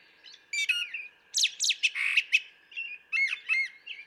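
Brown thrasher song: a dense string of loud scratchy and chattering phrases, some paired, with a steady faint tone behind.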